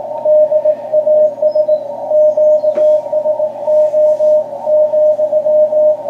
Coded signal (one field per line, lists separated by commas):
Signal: Morse code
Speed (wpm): 18 wpm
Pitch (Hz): 610 Hz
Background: radio noise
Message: DAS QSO,